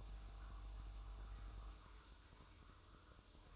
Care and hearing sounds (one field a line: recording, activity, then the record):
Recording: daily activity, microphone in the room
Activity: make coffee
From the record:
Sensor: 2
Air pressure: 994.9 hPa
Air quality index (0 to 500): 53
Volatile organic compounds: 1 ppm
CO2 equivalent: 853 ppm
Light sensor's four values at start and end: 15/50/19/18 and 15/50/19/18